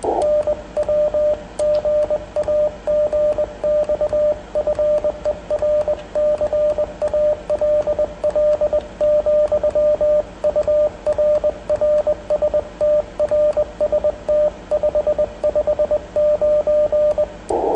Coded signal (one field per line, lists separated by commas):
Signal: Morse code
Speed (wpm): 21 wpm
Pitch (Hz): 590 Hz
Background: radio noise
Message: NW GA GX FER CALL, UR RST RST 559